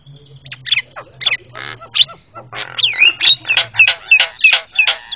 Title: Jalak Kebo Master Suara Super Berisik Buat Masteran